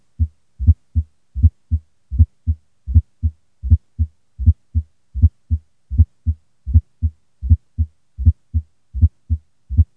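Steady adult heartbeat near 79 a minute, with a soft low sound just before each first heart sound: a fourth heart sound gallop.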